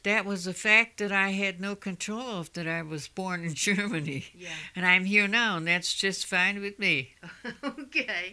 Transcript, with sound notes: That was a fact that I had no control of--- that I was born in Germany. [Laughs]
Yeah.
And I'm here now, and that's just fine with me.
[Laughs] Okay.